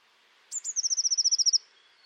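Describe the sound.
Bird gives a single high trill: a sharp opening note, then about a dozen rapid, evenly spaced notes lasting around one second, over faint background hiss.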